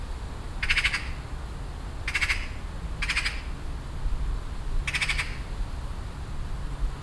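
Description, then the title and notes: Eurasian magpie uttering four short, rasping chatter bursts at uneven intervals, with a continuous low rumble underneath. Magpie in a tree in a garden, loudly signalling; wind rustling in birch trees; Rilkestrasse, Weiden, Cologne (Refrath); nearfield recording. "cologne, weiden, rilkestrasse, elster. Refrath. elster in baum in einem garten, laut signal gebend, ein pkw fährt vorbei, das rauschen des windes in den birkenbäumen soundmap nrw"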